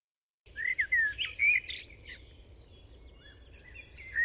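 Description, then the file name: Common blackbird, fluty warbled phrases at the start, then a quieter stretch of faint twittering, and another clear whistled note at the end. "Turdus merula"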